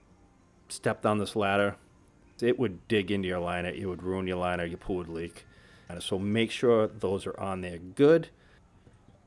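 A rubber protective plug is being pushed onto the foot of a pool ladder leg so the leg won't dig into the pool liner. A man talks throughout over a quiet background. The clip ends before the plug goes home, so nothing has seated yet.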